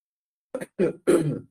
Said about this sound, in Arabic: معذرة عشان عندي شوية كحة كده النهاردة.